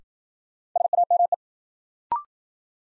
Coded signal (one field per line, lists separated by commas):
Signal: Morse code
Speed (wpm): 53 wpm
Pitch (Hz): 700 Hz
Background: none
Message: SAME